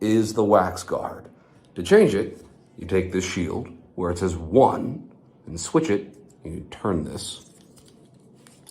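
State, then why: Seated. Someone talks while rotating the plastic shield of a hearing aid wax guard dispenser tool from position one. Faint clicks are heard at 8.5 s and 8.7 s as the shield clicks into place, seated.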